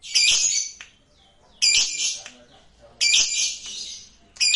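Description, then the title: Lovebird giving harsh, shrill screeching bursts, repeated about every one and a half seconds, with quiet gaps between them. "Suara Lovebird Ini"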